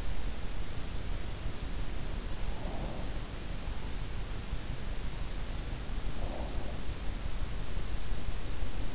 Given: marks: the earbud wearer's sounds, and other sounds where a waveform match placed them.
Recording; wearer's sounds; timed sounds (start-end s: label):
sounds in sleep by an in-ear microphone; breath
2.60-3.18 s: breath
6.15-6.67 s: breath